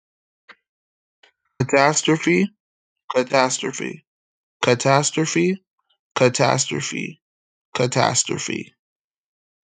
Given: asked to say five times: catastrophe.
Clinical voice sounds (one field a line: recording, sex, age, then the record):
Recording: repeated word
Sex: male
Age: 20 to 29 years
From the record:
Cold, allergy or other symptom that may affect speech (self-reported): no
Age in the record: 27 years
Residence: Ohio, United States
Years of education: 14